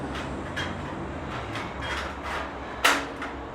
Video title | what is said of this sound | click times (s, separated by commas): How to Assemble the OctaGrills Cyprus Rotisserie Grill (Step-by-Step Guide)Works for Cyprus Pro Too | until it clicks in. | 2.9 s